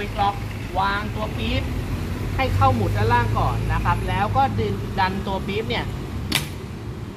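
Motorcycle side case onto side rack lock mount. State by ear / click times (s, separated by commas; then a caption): seated / 6.3 s. A hard side case is hung on the lower pins of a motorcycle side rack and pushed in while someone talks. At 6.4 s its mount lock engages with a sharp snap, and the case is locked onto the rack.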